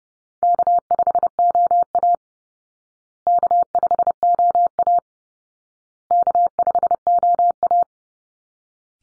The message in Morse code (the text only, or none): K5OA K5OA K5OA